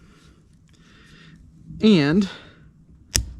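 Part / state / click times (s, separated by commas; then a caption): MC4 cable gland nut tightened with MC4 spanner tool / torque reached / 3.2 s. A plastic MC4 wrench, which works as a torque wrench, tightens the gland nut on an MC4 cable connector while someone talks briefly. A sharp click at 3.2 s is the wrench's first click, signaling that the nut has reached its torque setting.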